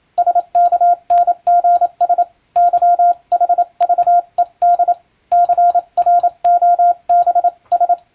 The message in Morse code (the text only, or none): SKNGS YHVED CROBS